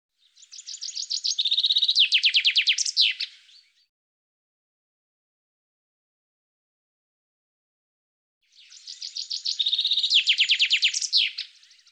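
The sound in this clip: Common chaffinch song, two bright descending phrases of rapid trills ending in a flourish, separated by about five seconds of silence.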